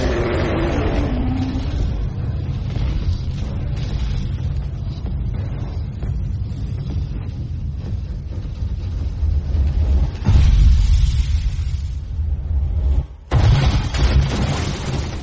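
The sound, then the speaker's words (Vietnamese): A huge explosion with heavy, sustained rumbling that roars loudly throughout, swelling into a fresh blast about two-thirds through and another after a brief dip near the end. “Tiếng nổ khủng khiếp vang lên, lửa mịt trời.”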